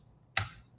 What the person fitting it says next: it locks in place and now i have a single unit